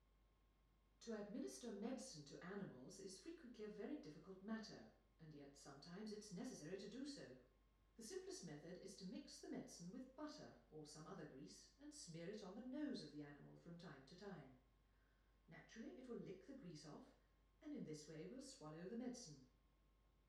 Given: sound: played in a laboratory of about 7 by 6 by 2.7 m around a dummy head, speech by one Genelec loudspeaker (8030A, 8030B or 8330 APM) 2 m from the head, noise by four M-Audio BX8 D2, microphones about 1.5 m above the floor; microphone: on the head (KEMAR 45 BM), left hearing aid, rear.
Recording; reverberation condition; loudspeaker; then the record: female speech in English; medium; 120 degrees to the right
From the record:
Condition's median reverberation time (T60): about 510 ms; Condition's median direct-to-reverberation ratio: about -0.5 dB